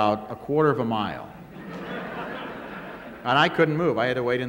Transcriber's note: soundbite of laughter